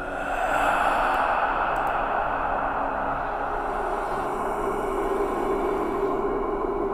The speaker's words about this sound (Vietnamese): Một tiếng thở lạnh lẽo vang lên.